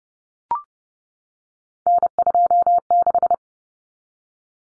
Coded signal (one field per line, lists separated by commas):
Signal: Morse code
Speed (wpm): 30 wpm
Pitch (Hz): 700 Hz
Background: none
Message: N26